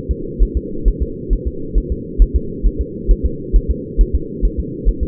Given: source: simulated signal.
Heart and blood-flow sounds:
fetal heart sounds
0.11 s: S2
0.43 s: S1
0.57 s: S2
0.88 s: S1
1.02 s: S2
1.33 s: S1
1.47 s: S2
1.78 s: S1
1.92 s: S2
2.22 s: S1
2.36 s: S2
2.67 s: S1
2.81 s: S2
3.11 s: S1
3.26 s: S2
3.56 s: S1
3.71 s: S2
4.01 s: S1
4.15 s: S2
4.45 s: S1
4.59 s: S2
4.89 s: S1
5.03 s: S2
From the record:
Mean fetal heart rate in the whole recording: 135 bpm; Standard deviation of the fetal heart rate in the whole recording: 3 bpm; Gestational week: 36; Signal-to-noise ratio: -4.3 dB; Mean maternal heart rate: 72 bpm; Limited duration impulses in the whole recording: absent

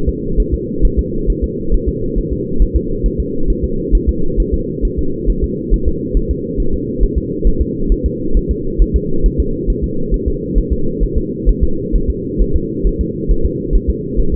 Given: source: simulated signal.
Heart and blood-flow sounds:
fetal heart sounds
0.09 s: S2
0.40 s: S1
0.54 s: S2
0.85 s: S1
0.99 s: S2
1.30 s: S1
1.44 s: S2
1.74 s: S1
1.88 s: S2
2.18 s: S1
2.32 s: S2
2.62 s: S1
2.76 s: S2
3.06 s: S1
3.20 s: S2
3.50 s: S1
3.64 s: S2
3.95 s: S1
4.09 s: S2
4.40 s: S1
4.54 s: S2
4.85 s: S1
4.99 s: S2
5.30 s: S1
5.44 s: S2
5.74 s: S1
5.88 s: S2
6.17 s: S1
6.31 s: S2
6.60 s: S1
6.74 s: S2
7.03 s: S1
7.18 s: S2
7.47 s: S1
7.62 s: S2
7.92 s: S1
8.06 s: S2
8.37 s: S1
8.51 s: S2
8.82 s: S1
8.96 s: S2
9.26 s: S1
9.40 s: S2
9.70 s: S1
9.84 s: S2
10.14 s: S1
10.28 s: S2
10.58 s: S1
10.72 s: S2
11.03 s: S1
11.18 s: S2
11.49 s: S1
11.63 s: S2
11.96 s: S1
12.10 s: S2
12.41 s: S1
12.56 s: S2
12.87 s: S1
13.01 s: S2
13.31 s: S1
13.46 s: S2
13.75 s: S1
13.90 s: S2
14.20 s: S1
14.34 s: S2
From the record:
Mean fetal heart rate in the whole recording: 135 bpm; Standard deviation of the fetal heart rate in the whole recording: 3 bpm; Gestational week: 36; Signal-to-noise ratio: -8.1 dB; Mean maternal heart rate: 72 bpm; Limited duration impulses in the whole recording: absent

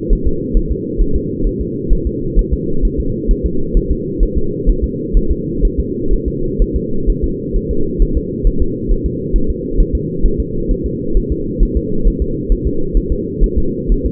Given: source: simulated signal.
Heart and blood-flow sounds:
fetal heart sounds
0.13 s: S1
0.27 s: S2
0.57 s: S1
0.72 s: S2
1.02 s: S1
1.16 s: S2
1.47 s: S1
1.61 s: S2
1.93 s: S1
2.07 s: S2
2.39 s: S1
2.53 s: S2
2.85 s: S1
3.00 s: S2
3.31 s: S1
3.46 s: S2
3.77 s: S1
3.92 s: S2
4.23 s: S1
4.38 s: S2
4.69 s: S1
4.84 s: S2
5.17 s: S1
5.31 s: S2
5.65 s: S1
5.80 s: S2
6.13 s: S1
6.28 s: S2
6.62 s: S1
6.76 s: S2
7.10 s: S1
7.24 s: S2
7.56 s: S1
7.71 s: S2
8.02 s: S1
8.17 s: S2
8.47 s: S1
8.62 s: S2
8.92 s: S1
9.06 s: S2
9.36 s: S1
9.50 s: S2
9.80 s: S1
9.95 s: S2
10.26 s: S1
10.40 s: S2
10.71 s: S1
10.86 s: S2
11.17 s: S1
11.32 s: S2
11.63 s: S1
11.77 s: S2
12.07 s: S1
12.22 s: S2
12.52 s: S1
12.67 s: S2
12.97 s: S1
13.12 s: S2
13.44 s: S1
13.58 s: S2
13.92 s: S1
14.06 s: S2
From the record:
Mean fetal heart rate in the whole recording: 130 bpm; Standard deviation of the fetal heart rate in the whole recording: 4 bpm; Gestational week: 38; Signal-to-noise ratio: -8.1 dB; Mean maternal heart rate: 72 bpm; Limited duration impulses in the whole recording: absent

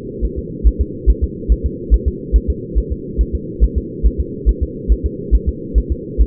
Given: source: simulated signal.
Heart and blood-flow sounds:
fetal heart sounds
0.25 s: S1
0.39 s: S2
0.67 s: S1
0.81 s: S2
1.10 s: S1
1.24 s: S2
1.52 s: S1
1.66 s: S2
1.94 s: S1
2.08 s: S2
2.36 s: S1
2.50 s: S2
2.78 s: S1
2.92 s: S2
3.21 s: S1
3.35 s: S2
3.64 s: S1
3.78 s: S2
4.06 s: S1
4.20 s: S2
4.49 s: S1
4.63 s: S2
4.92 s: S1
5.06 s: S2
5.35 s: S1
5.49 s: S2
5.78 s: S1
5.92 s: S2
6.21 s: S1
From the record:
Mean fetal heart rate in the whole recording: 140 bpm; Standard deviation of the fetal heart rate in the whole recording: 2 bpm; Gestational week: 34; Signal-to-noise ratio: -4.1 dB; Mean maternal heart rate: no maternal heart sound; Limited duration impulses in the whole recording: absent

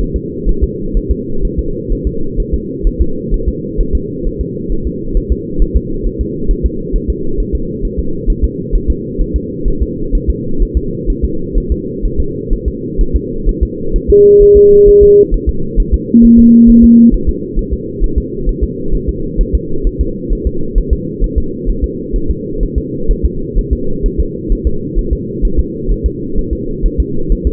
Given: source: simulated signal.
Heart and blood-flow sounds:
fetal heart sounds
0.01 s: S1
0.16 s: S2
0.49 s: S1
0.64 s: S2
0.97 s: S1
1.12 s: S2
1.45 s: S1
1.59 s: S2
1.92 s: S1
2.07 s: S2
2.40 s: S1
2.54 s: S2
2.87 s: S1
3.02 s: S2
3.34 s: S1
3.49 s: S2
3.81 s: S1
3.95 s: S2
4.27 s: S1
4.41 s: S2
4.72 s: S1
4.87 s: S2
5.17 s: S1
5.32 s: S2
5.62 s: S1
5.77 s: S2
6.07 s: S1
6.21 s: S2
6.51 s: S1
6.66 s: S2
6.96 s: S1
7.10 s: S2
7.40 s: S1
7.55 s: S2
7.85 s: S1
8.00 s: S2
8.30 s: S1
8.45 s: S2
8.75 s: S1
8.90 s: S2
9.22 s: S1
9.36 s: S2
9.68 s: S1
9.83 s: S2
10.15 s: S1
10.30 s: S2
10.62 s: S1
10.77 s: S2
11.10 s: S1
11.25 s: S2
11.58 s: S1
11.72 s: S2
12.06 s: S1
12.20 s: S2
12.53 s: S1
12.68 s: S2
13.01 s: S1
13.16 s: S2
13.49 s: S1
13.63 s: S2
13.96 s: S1
14.10 s: S2
14.42 s: S1
14.57 s: S2
14.89 s: S1
15.03 s: S2
15.34 s: S1
15.49 s: S2
15.80 s: S1
15.94 s: S2
16.25 s: S1
16.39 s: S2
16.70 s: S1
16.84 s: S2
17.14 s: S1
17.29 s: S2
17.59 s: S1
17.74 s: S2
18.04 s: S1
18.18 s: S2
18.49 s: S1
18.64 s: S2
18.95 s: S1
19.09 s: S2
19.41 s: S1
19.55 s: S2
19.87 s: S1
20.01 s: S2
20.33 s: S1
20.47 s: S2
20.78 s: S1
20.93 s: S2
21.24 s: S1
21.38 s: S2
21.70 s: S1
21.84 s: S2
22.16 s: S1
22.31 s: S2
22.63 s: S1
22.78 s: S2
23.11 s: S1
23.25 s: S2
23.59 s: S1
23.73 s: S2
24.06 s: S1
24.20 s: S2
24.52 s: S1
24.67 s: S2
24.99 s: S1
25.13 s: S2
25.45 s: S1
25.59 s: S2
25.92 s: S1
26.06 s: S2
26.39 s: S1
26.53 s: S2
26.86 s: S1
27.00 s: S2
27.32 s: S1
27.47 s: S2
From the record:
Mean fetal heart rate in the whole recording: 130 bpm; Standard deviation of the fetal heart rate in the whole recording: 4 bpm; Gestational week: 38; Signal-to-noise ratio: -8.1 dB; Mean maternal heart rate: 72 bpm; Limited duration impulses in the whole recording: present

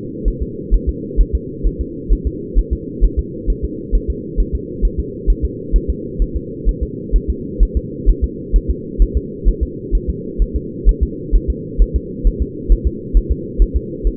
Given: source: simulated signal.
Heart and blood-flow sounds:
fetal heart sounds
0.28 s: S1
0.43 s: S2
0.74 s: S1
0.89 s: S2
1.21 s: S1
1.35 s: S2
1.67 s: S1
1.81 s: S2
2.13 s: S1
2.27 s: S2
2.59 s: S1
2.73 s: S2
3.05 s: S1
3.19 s: S2
3.50 s: S1
3.65 s: S2
3.95 s: S1
4.10 s: S2
4.40 s: S1
4.55 s: S2
4.85 s: S1
5.00 s: S2
5.30 s: S1
5.45 s: S2
5.76 s: S1
5.90 s: S2
6.22 s: S1
6.36 s: S2
6.69 s: S1
6.83 s: S2
7.16 s: S1
7.30 s: S2
7.63 s: S1
7.77 s: S2
8.09 s: S1
8.24 s: S2
8.56 s: S1
8.70 s: S2
9.02 s: S1
9.17 s: S2
9.48 s: S1
9.63 s: S2
9.95 s: S1
10.09 s: S2
10.42 s: S1
10.56 s: S2
10.89 s: S1
11.03 s: S2
11.35 s: S1
11.50 s: S2
11.82 s: S1
11.96 s: S2
12.27 s: S1
12.42 s: S2
12.72 s: S1
12.87 s: S2
13.17 s: S1
13.32 s: S2
13.62 s: S1
13.76 s: S2
14.07 s: S1
From the record:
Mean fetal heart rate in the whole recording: 130 bpm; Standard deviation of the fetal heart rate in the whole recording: 2 bpm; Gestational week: 36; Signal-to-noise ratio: -4.1 dB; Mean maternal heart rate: no maternal heart sound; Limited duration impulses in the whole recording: absent

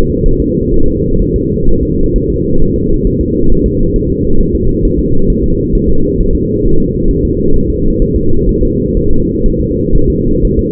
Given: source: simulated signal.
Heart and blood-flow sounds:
fetal heart sounds
0.26 s: S1
0.40 s: S2
0.74 s: S1
0.88 s: S2
1.22 s: S1
1.36 s: S2
1.69 s: S1
1.83 s: S2
2.16 s: S1
2.30 s: S2
2.62 s: S1
2.76 s: S2
3.07 s: S1
3.21 s: S2
3.52 s: S1
3.66 s: S2
3.96 s: S1
4.10 s: S2
4.41 s: S1
4.55 s: S2
4.85 s: S1
4.99 s: S2
5.30 s: S1
5.44 s: S2
5.75 s: S1
5.90 s: S2
6.21 s: S1
6.35 s: S2
6.66 s: S1
6.80 s: S2
7.11 s: S1
7.25 s: S2
7.56 s: S1
7.70 s: S2
8.02 s: S1
8.16 s: S2
8.49 s: S1
8.63 s: S2
8.97 s: S1
9.11 s: S2
9.46 s: S1
9.60 s: S2
9.96 s: S1
10.10 s: S2
10.45 s: S1
10.59 s: S2
From the record:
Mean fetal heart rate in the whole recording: 130 bpm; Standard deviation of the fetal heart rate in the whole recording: 4 bpm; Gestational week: 38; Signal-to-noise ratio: -19.1 dB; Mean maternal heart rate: 72 bpm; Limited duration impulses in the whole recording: present

